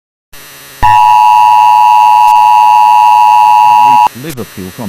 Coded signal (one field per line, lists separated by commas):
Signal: Emergency Alert System (SAME) tones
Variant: 853 and 960 Hz attention tone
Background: speech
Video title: TWO NATIONS, HEAD TO HEAD. - EAS Scenario #8